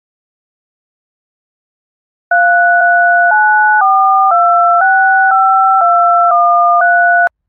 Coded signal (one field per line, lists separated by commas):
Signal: DTMF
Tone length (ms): 510 ms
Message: 394265213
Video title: EAS Scenario- The Innocent Part 1- Where it all begins